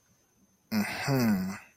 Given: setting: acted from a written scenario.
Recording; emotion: vocal sound without words; contempt